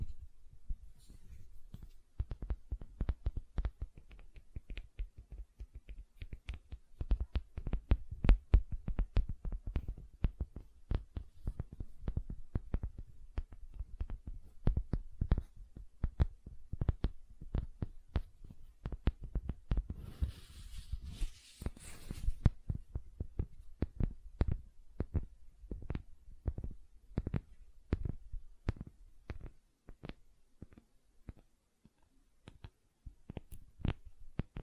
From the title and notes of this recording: ASMR Gentle Silicon Sounds for Sleep (No Talking).